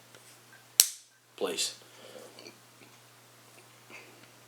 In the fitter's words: it locks in place